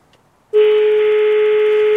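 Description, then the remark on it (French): After a brief quiet moment, a telephone ringback tone sounds on an outgoing call to the airline Royal Air Maroc: the second ring, one loud, steady, buzzy electronic tone that holds unbroken to the end. “Deuxième sonnerie.”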